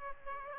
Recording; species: mosquito wingbeat signal from an infrared sensor; Aedes aegypti